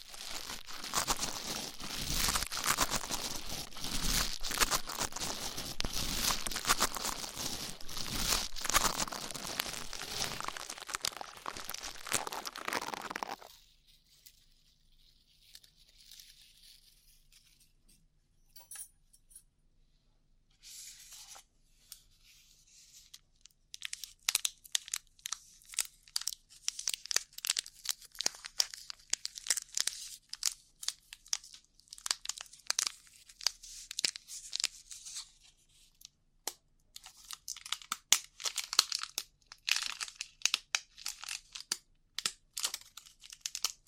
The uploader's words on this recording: ASMR Rough Ear Cleaning (No Talking).